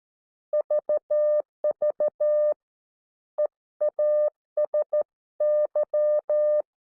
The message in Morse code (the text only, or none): VV EASY